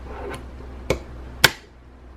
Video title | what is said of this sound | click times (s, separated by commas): BOOK HAUL AND MORE | y'all did not have it all the way in let's | 1.5 s